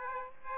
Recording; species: mosquito wingbeat signal from an infrared sensor; Aedes aegypti